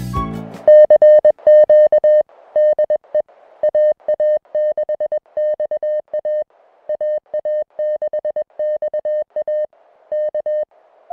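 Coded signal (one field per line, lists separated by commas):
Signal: Morse code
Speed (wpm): 21 wpm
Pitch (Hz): 610 Hz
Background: music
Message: CQ DE AA6XA AA6XA K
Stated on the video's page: Summit activation on a peak at Pinnacles, W6/SC-262.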